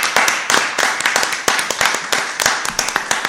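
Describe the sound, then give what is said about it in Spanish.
An audience at La Madriguera de Papel applauds steadily, many overlapping claps forming a dense, bright patter with a few sharper individual claps standing out, fairly loud throughout without pause. “Venga, ese aplauso de la gente. Un aplauso para la gente.”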